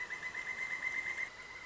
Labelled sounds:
Pileated Woodpecker

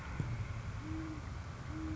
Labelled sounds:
Great Horned Owl

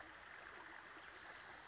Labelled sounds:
Spotted Towhee

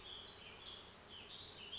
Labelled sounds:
Warbling Vireo

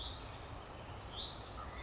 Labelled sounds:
Hutton's Vireo

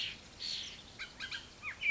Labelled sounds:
Bullock's Oriole

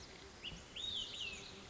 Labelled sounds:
Olive-sided Flycatcher

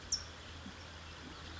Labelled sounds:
California Towhee

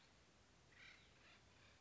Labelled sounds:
Acorn Woodpecker

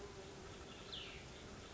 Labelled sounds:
Cassin's Vireo

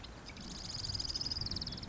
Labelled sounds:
Marsh Wren

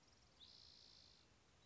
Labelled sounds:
Spotted Towhee

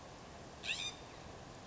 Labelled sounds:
California Scrub-Jay

